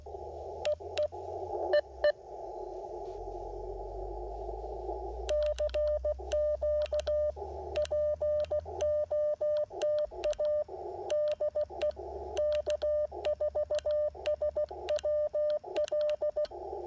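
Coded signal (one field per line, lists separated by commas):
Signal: Morse code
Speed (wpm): 16 wpm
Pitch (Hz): 600 Hz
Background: radio noise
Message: EE EE CQ POTA DE K4SWL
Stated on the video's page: Real-time CW POTA activation with an Icom IC-705, Morse pocket paddles, a Chameleon portable antenna and an Elecraft T1 tuner.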